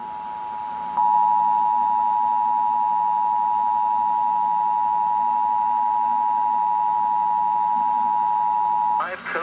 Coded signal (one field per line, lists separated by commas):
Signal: Emergency Alert System (SAME) tones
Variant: 853 and 960 Hz attention tone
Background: speech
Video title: EAS Test (better quality)